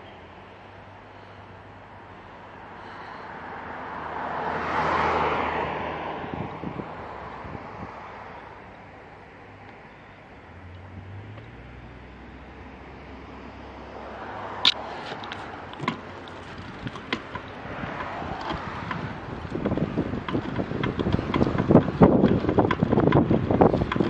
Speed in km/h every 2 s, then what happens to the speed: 0, 0, 0, 0, 0, 0, 0, 5, 1, 15, 19, 22.
0-12 standing. 12-24 pulls away to 22.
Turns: none.